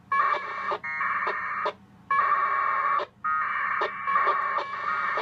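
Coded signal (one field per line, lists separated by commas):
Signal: packet radio (AX.25, as in APRS)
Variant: 1200 baud AFSK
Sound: several harsh warbling data bursts, each about a second, with short gaps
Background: radio hum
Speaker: And this is monitoring the traffic.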